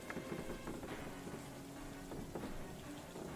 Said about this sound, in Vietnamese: Anh vừa chạy vừa gào thét, lao vào trong mưa gió mịt mùng.